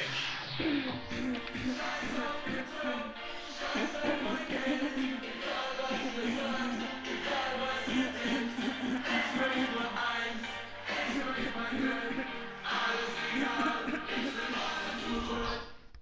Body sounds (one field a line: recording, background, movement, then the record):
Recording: throat clearing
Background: music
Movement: walking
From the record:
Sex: female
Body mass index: 36.4 kg/m2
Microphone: on the chest, facing the body